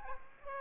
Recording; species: mosquito wingbeat signal from an infrared sensor; Aedes aegypti